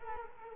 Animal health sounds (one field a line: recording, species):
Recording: mosquito wingbeat signal from an infrared sensor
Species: Culex quinquefasciatus